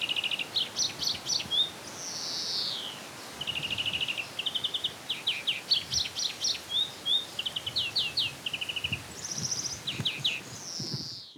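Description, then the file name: European greenfinch twittering song: quick dry trills and chirps around mid-high pitch, with drawn-out descending wheezes near the start and end, over steady background hiss. "Chloris chloris"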